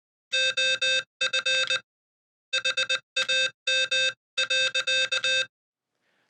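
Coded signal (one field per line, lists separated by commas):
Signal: Morse code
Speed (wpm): 20 wpm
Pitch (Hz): 2600 Hz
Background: none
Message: OF HAM.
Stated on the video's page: Morse sent with a Radio Adventure Gear paddle, an alternative to the Palm Pico paddle.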